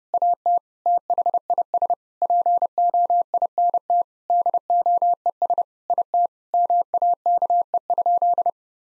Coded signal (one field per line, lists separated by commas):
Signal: Morse code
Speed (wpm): 30 wpm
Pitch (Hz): 700 Hz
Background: none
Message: AT THIS POINT DOES IT MAKE?